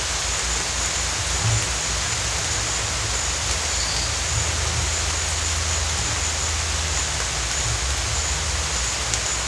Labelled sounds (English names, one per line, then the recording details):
none
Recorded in dense forest near Puerto Asís, Putumayo, Colombia, on 21 December 2024 at 14:00
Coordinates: 0.468, -76.322
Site G071